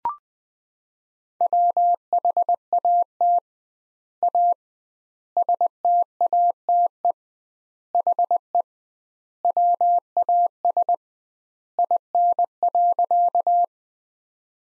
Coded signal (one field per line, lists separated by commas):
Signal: Morse code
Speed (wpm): 20 wpm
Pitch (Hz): 700 Hz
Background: none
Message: WHAT A STATE HE WAS IN.